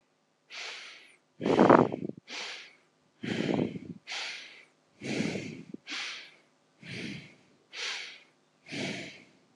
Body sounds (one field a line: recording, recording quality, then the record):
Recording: shallow breathing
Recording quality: excellent, no background noise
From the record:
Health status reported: healthy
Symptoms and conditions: hypertension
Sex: male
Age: 49 years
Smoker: not ticked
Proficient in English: yes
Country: India